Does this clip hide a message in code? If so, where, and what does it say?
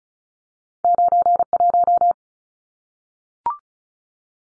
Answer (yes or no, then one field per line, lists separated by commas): yes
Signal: Morse code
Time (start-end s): 0.8-2.1 s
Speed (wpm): 34 wpm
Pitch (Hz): 700 Hz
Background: none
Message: 91